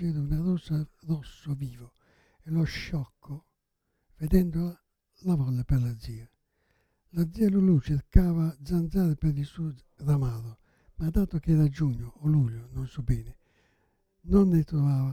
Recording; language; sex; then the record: read passage; Italian; male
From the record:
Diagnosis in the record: Parkinson's disease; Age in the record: 77 years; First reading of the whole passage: 65 s, 8.0 characters per second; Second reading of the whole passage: 61 s, 8.5 characters per second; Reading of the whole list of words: 50 s, 5.6 characters per second